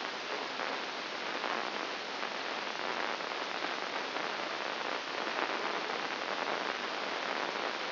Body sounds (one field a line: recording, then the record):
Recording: brain microelectrode recording played as sound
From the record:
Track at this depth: inside the subthalamic nucleus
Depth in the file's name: 4.901 mm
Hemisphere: left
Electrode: 2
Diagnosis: Parkinson's disease